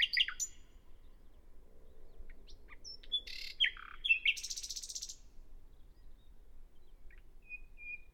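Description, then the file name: Common nightingale singing in short scattered bursts: sharp chips, a harsh buzzy rattle and a few clear whistled notes, separated by pauses, with a thin whistle near the end. "Luscinia megarhynchos"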